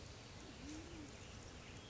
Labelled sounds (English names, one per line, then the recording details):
Band-tailed Pigeon
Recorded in Sonoma County, California